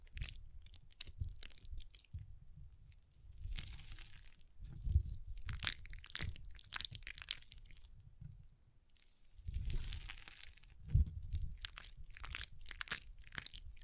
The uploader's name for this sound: Soothing & Deep Water Beads Sounds